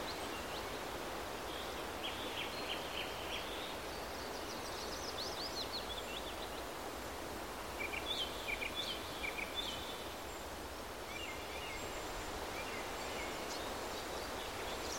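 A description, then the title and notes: Wind moves steadily across a meadow, a constant soft rush with a faint low rumble underneath. Birds sing in short bright phrases, clustering around two to four seconds, eight to ten seconds, and again near twelve seconds. A Wind-Kissed Meadow With Relaxing Singing Birds & Nature Sounds. Above you, a choir of birds creates a harmonious melody.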